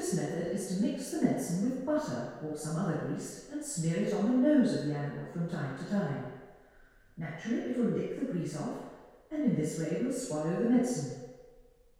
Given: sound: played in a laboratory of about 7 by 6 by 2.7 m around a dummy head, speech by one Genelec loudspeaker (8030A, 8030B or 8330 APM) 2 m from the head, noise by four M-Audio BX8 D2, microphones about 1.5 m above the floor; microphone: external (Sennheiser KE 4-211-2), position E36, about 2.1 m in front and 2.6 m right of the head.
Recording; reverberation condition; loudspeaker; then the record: female speech in English; high; 90 degrees to the right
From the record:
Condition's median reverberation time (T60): about 1300 ms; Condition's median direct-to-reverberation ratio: about -4.0 dB